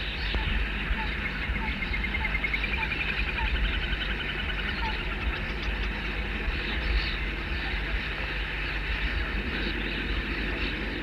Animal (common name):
Little Grebe